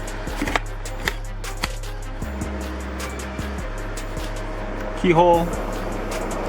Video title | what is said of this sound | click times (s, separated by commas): Job Site Fans Which one is Best ??? | they recess down in there kind of snap in place stay out of the way | 0.6 s, 1.1 s, 1.6 s